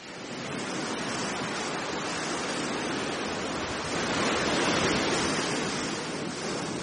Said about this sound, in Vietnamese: Biển đêm lặng lẽ, chỉ có tiếng sóng xô ào ạt từng đợt lên bờ cát, tràn lên cả dĩa san hô chết mấp mé gốc cây phong ba già.